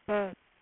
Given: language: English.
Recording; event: throat vibration sensor signal played as sound; speech